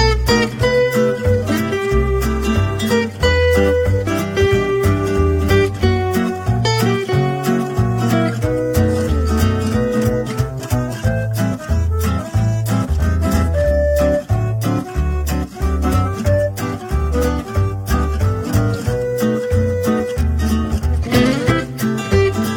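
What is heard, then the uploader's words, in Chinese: Background music in a café plays continuously, a steady full band with a strong regular beat, deep bass and bright melodic notes throughout. 西西弗咖啡馆听着美妙的背景音乐。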